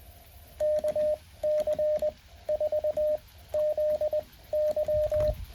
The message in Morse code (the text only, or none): KC 4 Z Y